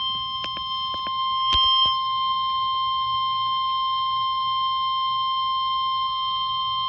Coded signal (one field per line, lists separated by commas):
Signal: Emergency Alert System (SAME) tones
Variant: 1050 Hz attention tone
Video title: EAS Alert #103: Severe Thunderstorm Warning for 7 Oklahoma Counties (November 30, 2018)